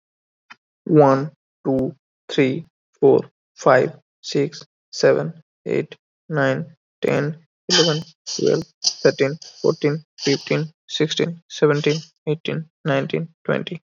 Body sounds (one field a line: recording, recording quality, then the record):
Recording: counting at a normal pace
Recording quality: excellent, no background noise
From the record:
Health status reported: healthy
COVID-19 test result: not tested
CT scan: not taken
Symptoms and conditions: none ticked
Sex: male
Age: 24 years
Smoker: no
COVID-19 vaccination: both doses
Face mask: worn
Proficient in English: yes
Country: India